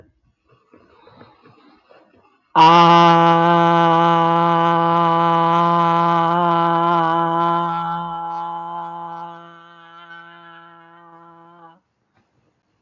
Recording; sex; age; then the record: vowel held as long as possible; female; 20 to 29 years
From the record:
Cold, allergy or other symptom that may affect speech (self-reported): no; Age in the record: 27 years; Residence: Ohio, United States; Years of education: 15